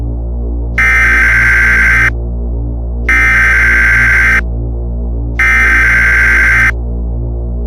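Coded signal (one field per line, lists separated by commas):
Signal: Emergency Alert System (SAME) tones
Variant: header bursts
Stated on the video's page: Fictional Halloween EAS scenario.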